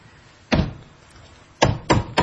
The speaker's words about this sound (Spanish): Es mi mujer, cada vez que toco la puerta